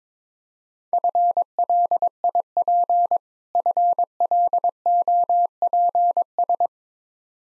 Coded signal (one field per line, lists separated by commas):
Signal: Morse code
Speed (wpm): 22 wpm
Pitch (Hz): 700 Hz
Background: none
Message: FLIP FLOPS